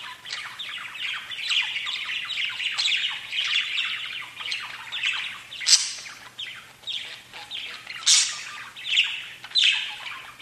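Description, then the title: Budgerigar warble, continuous scratchy chirping interrupted by a few sharp high squeaks. "Budgie Sounds"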